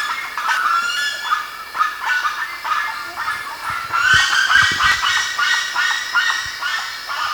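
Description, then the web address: Birds squawking and honking in a noisy group, calls coming rapidly and unevenly, with a few low knocks near four seconds. "BIRD 2015 SABIOD bird 2015"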